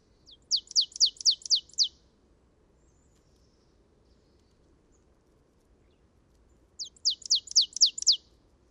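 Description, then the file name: Marsh tit calling: two rapid bursts of six or seven high, downslurred chips, separated by about five seconds of near silence. "Poecile palustris"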